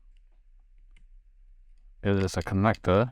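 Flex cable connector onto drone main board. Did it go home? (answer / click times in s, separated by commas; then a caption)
no / none. A flex cable connector is handled and positioned over the main board of a DJI Mini 2 drone during a broken arm and motor repair, with only a couple of faint small ticks near 0.2 s and 1.0 s. Someone talks from about 2.0 s to the end. Nothing has seated or clicked yet.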